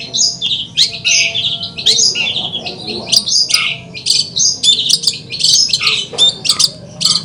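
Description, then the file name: Long-tailed shrike singing in quick, varied phrases of sharp chirps, harsh squawky notes and thin whistles, delivered almost without a break. Song heard during a simulated songbird competition held at a gathering. "audio simulasi lomba cendet gathering. omkicau"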